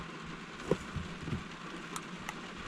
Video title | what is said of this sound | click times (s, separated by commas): How To Fix a Broken Fuel System In A Mini Cooper | we go we have a positive clicks so now we want to wait for this to cure all | 2.0 s, 2.3 s